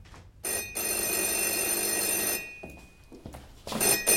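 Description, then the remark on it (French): A home telephone rings with a bright, metallic trill: one long ring of about two seconds, a pause, then a second ring begins. It sounds alone, with no talking. “À peine est-il rentré chez lui que le téléphone sonne.”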